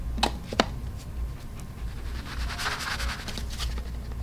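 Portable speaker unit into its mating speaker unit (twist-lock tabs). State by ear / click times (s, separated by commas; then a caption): seated / 0.6 s. Two plastic portable Power Bass BT200 Bluetooth speaker units are lined up on their four twist-lock tabs and twisted together until they lock, giving a sharp click at 0.6 s, just after a similar snap at about 0.2 s. The two halves seat and lock together, followed by quieter handling rustle.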